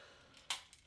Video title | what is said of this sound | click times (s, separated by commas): Another huge 4000 dollar mystery box - AIRSOFT | locks in place and so it's not a very comfortable stock | 0.5 s